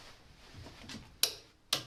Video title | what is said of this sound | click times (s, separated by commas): Part 2 of 2 - Dropping the Subframe on a Mini Cooper 🚗 replace Control Arm Bush, Inner Ball Joints. | and our other click. | 1.2 s, 1.7 s